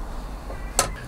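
The small brass pilot jet, which had not been seated properly, is pressed firmly back into its bore in the carburettor body. A single sharp hit at 0.8 s marks it going home over a low background hum, and the jet is seated.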